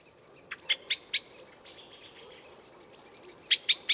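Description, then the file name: Common blackbird giving sharp chink notes, with softer high twittering notes in between, ending in a quick burst of three hard calls. "Turdus merula"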